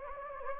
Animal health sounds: mosquito wingbeat signal from an infrared sensor; Anopheles gambiae

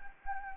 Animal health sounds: mosquito wingbeat signal from an infrared sensor; Anopheles gambiae

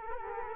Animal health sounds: mosquito wingbeat signal from an infrared sensor; Culex quinquefasciatus

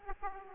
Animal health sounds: mosquito wingbeat signal from an infrared sensor; Aedes aegypti

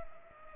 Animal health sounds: mosquito wingbeat signal from an infrared sensor; Culex pipiens

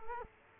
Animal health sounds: mosquito wingbeat signal from an infrared sensor; Culex quinquefasciatus

